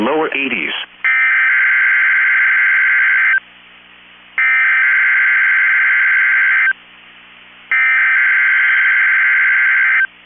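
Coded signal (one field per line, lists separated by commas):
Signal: Emergency Alert System (SAME) tones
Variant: header bursts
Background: speech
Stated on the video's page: Required weekly test from weather radio station KEC65.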